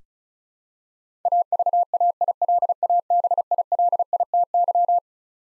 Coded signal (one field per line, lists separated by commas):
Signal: Morse code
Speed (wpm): 36 wpm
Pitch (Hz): 700 Hz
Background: none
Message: AVAILABILITY